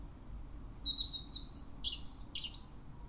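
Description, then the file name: European robin song: a thin, high warbling phrase of quick sliding notes and trills, rising and falling in pitch, over a faint low hum. "Erithacus rubecula"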